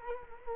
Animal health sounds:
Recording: mosquito wingbeat signal from an infrared sensor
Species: Culex quinquefasciatus

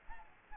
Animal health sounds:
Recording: mosquito wingbeat signal from an infrared sensor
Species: Aedes aegypti

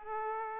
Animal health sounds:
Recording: mosquito wingbeat signal from an infrared sensor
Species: Aedes aegypti

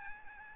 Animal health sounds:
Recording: mosquito wingbeat signal from an infrared sensor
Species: Aedes albopictus

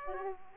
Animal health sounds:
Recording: mosquito wingbeat signal from an infrared sensor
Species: Aedes aegypti

